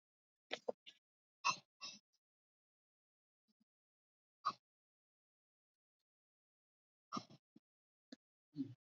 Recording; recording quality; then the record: heavy voluntary cough; excellent, no background noise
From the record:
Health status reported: recovered from COVID-19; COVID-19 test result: negative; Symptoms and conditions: cough, cold, fever, diabetes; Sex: male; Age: 72 years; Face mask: not worn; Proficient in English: yes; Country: India